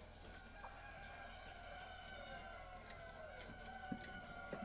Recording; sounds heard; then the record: poultry house recording; healthy chickens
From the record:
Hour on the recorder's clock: 18